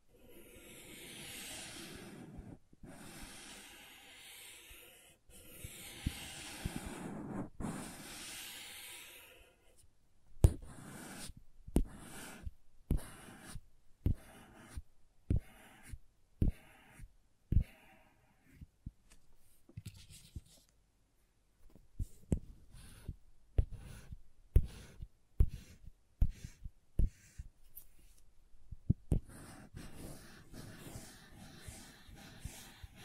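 Crayons scrape in long, rough strokes for the first ten seconds, then give way to sharp, dry taps at an uneven pace, a few each second. Short scratches mix in among the later taps, and steady scribbling returns at the end.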